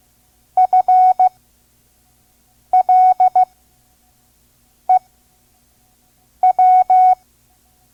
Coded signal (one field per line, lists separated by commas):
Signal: Morse code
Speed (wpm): 15 wpm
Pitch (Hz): 740 Hz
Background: none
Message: FLEW